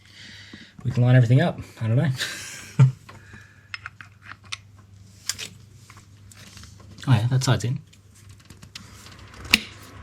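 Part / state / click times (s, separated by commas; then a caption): fuel rail onto fuel injectors / seated / 9.5 s. An aftermarket billet top-feed fuel rail is pressed down onto the fuel injectors of a Nissan Stagea's RB25DET engine, with one side already in, while someone talks. Light taps and knocks come through quiet handling, then the second side snaps on with a sharp, loud click at 9.5 s, and the rail is seated.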